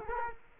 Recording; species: mosquito wingbeat signal from an infrared sensor; Culex quinquefasciatus